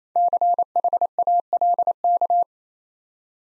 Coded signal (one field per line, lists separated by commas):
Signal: Morse code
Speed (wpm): 27 wpm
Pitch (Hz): 700 Hz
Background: none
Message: CHALK